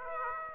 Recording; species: mosquito wingbeat signal from an infrared sensor; Aedes aegypti